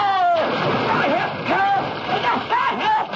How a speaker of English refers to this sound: Push you into the river. What are you talking about? Right off the pier! Oh!